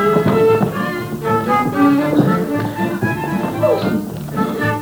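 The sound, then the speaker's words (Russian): A Jewish klezmer orchestra of four violins, flute and double bass plays a lively, steady tune, bright layered melody lines riding over a low bass, loud and continuous with no talking. “Это же наш знаменитый еврейский оркестр, ты помнишь? 4 скрипки, флейта и контрабас.”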